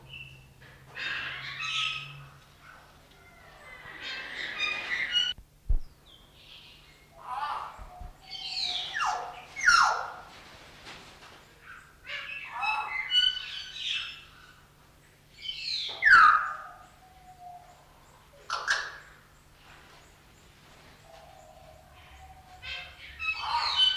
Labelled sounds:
Common Hill Myna call

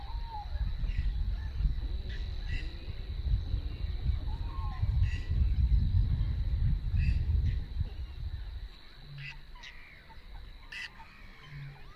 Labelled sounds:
Whiskered Tern call

